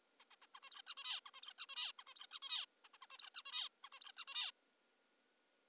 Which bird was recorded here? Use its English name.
Zebra Finch